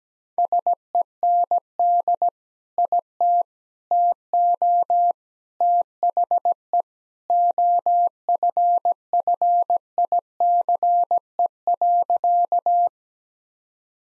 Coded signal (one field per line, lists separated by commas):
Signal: Morse code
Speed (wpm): 17 wpm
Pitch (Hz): 700 Hz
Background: none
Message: SEND IT TO THE OFFICE.